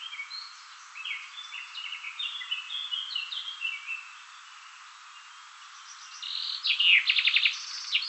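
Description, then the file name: Common chaffinch song: a long descending series of phrases, a quiet gap, then a louder burst of repeated notes at the end. "Fringilla coelebs"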